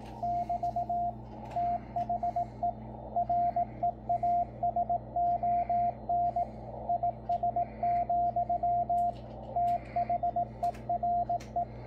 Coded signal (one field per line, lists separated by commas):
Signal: Morse code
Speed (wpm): 18 wpm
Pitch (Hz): 700 Hz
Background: radio noise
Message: <BT> THE REASON IS, THERE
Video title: Yaesu FTdx10 Playing around with the CW Morse code decoder